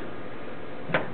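A torque wrench tightens the male nut of an RF attenuator onto an adapter against a steady low hiss. The wrench gives a single short, sharp click at 1.0 s as it clicks over at its set torque.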